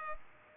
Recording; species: mosquito wingbeat signal from an infrared sensor; Culex pipiens